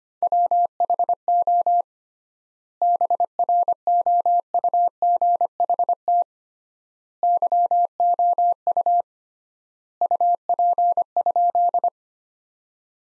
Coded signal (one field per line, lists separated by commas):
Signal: Morse code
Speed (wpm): 25 wpm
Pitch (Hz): 700 Hz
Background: none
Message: WHO BROUGHT YOU UP?